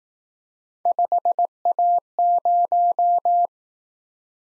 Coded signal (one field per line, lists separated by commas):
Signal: Morse code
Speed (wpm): 19 wpm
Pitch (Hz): 700 Hz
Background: none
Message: 5A0